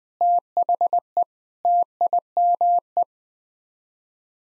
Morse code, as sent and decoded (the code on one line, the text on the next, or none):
- .... . / - .. -- .
THE TIME